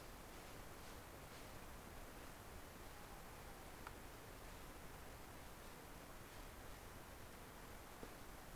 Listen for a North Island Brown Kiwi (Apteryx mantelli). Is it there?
no